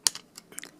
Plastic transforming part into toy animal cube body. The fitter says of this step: then this will kind of lock into place.